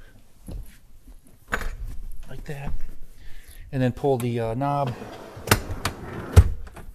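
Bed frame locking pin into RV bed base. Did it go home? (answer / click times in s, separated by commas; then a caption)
yes / 5.5 s, 5.9 s. In an RV, the locking knob on the lower bed frame is pulled and the frame is moved until its locking pin seats into the bed base. Someone talks, and then two loud clunks are heard at 5.5 s and 5.9 s, followed by a softer knock near 6.4 s. The bed frame locks into position.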